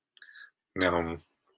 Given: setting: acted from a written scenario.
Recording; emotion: vocal sound without words; neutral